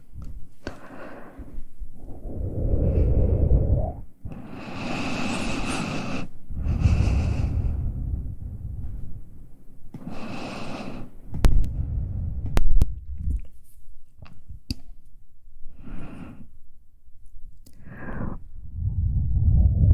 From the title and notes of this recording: Soft Mouth Sounds For Sleep.